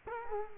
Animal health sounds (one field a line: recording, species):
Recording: mosquito wingbeat signal from an infrared sensor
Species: Culex quinquefasciatus